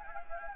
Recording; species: mosquito wingbeat signal from an infrared sensor; Anopheles gambiae